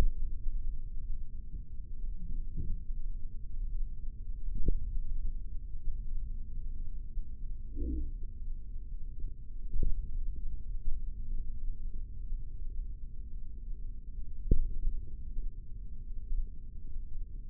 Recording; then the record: forearm muscle sounds (acoustic myography)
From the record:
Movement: index flexion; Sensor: system 3, bracelet of six PUI Audio POM-2738L microphones around the upper forearm, with dedicated amplification and filtering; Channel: 2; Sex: male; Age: 55 years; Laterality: right